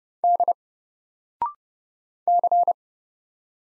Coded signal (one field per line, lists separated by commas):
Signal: Morse code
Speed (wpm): 30 wpm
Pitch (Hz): 700 Hz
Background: none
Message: D C